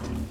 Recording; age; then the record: pig call; growing-finishing pig (85 days or more)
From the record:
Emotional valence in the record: positive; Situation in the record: enriched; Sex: female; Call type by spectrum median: low-frequency call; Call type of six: low-frequency stable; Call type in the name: low-frequency stable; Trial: 4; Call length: 0.32 s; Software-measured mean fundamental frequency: 50 Hz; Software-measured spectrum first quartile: 118 Hz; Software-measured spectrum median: 251 Hz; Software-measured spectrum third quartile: 770 Hz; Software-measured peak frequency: 85 Hz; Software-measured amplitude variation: 146 dB a second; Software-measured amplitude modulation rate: 28.5 a second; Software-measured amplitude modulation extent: 5.1 dB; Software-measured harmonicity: -2.4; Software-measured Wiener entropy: -1.13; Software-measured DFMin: 929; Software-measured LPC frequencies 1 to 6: 1073, 1795, 2638, 3399, 4264, 5065 Hz